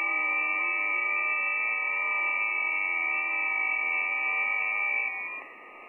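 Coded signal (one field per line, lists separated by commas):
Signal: FT8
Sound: many overlapping soft steady tones warbling slightly, like a chord of faint whistles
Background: radio static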